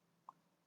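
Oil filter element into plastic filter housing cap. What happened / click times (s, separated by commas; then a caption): The filter element popped into its plastic cap / 0.3 s. A new paper oil filter element for a 2015 Mercedes-Benz ML350 (W166) is pushed into its plastic filter housing cap. A single short, sharp click at 0.3 s stands out over a quiet background hum, and the element is seated in the cap.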